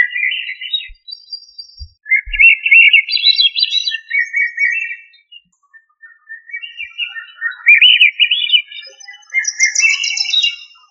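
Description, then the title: Thrush song, a nearly continuous run of varied whistled and warbled phrases, some rising in pitch, with a few brief high notes and faint low thumps early on. "Familia Turdidae - Sabia"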